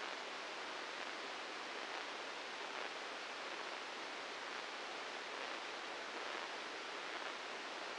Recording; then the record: brain microelectrode recording played as sound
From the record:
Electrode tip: inside the subthalamic nucleus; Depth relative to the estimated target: -2 mm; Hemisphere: right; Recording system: NeuroSet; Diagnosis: Parkinson's disease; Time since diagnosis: 8 years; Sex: male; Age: 59 years